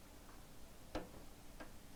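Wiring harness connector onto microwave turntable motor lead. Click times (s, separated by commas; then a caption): 1.0 s. A keyed plastic Molex wiring connector on the lead of a GE microwave turntable motor is lined up and pushed together, and it snaps into place with a sharp click at 0.9 s. A fainter tick follows at 1.6 s over a low, steady background. The connector is seated.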